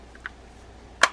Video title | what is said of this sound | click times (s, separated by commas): "How to Service Penn Fierce IV 6000 Live Liner Fishing Reel: Full Take Apart, Inspection, Cleaning | and everything should snap in place with a nice pop sound like you just heard | 1.0 s